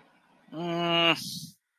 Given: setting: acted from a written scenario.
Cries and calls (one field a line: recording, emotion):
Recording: vocal sound without words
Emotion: embarrassment